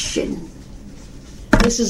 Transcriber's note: slaps hand on table